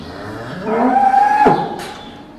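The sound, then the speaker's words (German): A dairy cow in the barn of an agricultural cooperative in Lückstedt, which holds over 1,000 dairy cows, lets out one long, drawn-out moo that swells and then fades, with a brief clatter near its end and steady barn noise underneath. “Über 1.000 Milchkühe stehen im Stall der Agrargenossenschaft Lückstedt.”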